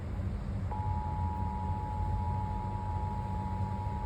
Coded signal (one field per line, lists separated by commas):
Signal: Emergency Alert System (SAME) tones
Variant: 853 and 960 Hz attention tone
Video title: EAS #413-415 - CHS SVR #noaaweatherradio